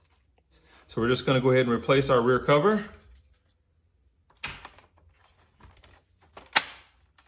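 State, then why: Seated. Someone talks, then the plastic rear cover of a BMW instrument cluster is refitted over the circuit board onto the cluster housing and pressed home, with a few light handling knocks from about 4.4 s. The cover clicks into place at 6.6 s with a sharp, loud snap, and it is seated.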